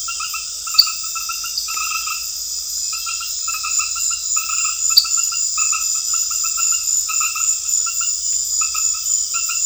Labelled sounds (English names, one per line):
none